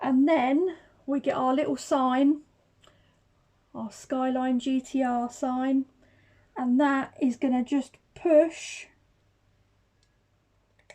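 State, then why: Seated. A small plastic Nissan Skyline GT-R sign is pushed onto the top of a model engine while someone talks. After a quiet stretch, a few faint ticks come near the end, then a sharper click at 10.9 s as the sign snaps into place.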